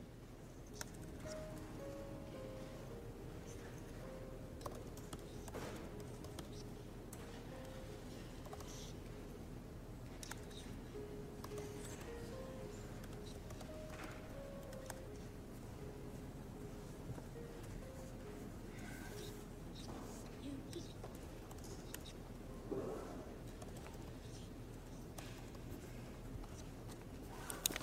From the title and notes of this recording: Study with me at hogwarts (aka the yale library!).